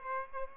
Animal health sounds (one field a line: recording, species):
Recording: mosquito wingbeat signal from an infrared sensor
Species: Aedes aegypti